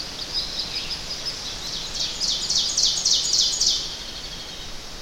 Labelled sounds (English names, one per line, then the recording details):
Ovenbird song
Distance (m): 20 m
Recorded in boreal forest in Alberta, Canada, on 10 June 2016 at 08:13
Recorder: SongMeter 3, array SBT-3-39
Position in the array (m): 234 m, 147 m
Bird 17